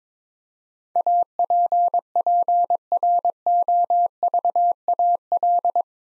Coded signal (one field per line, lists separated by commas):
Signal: Morse code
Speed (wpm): 22 wpm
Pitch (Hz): 700 Hz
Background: none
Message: APPROVAL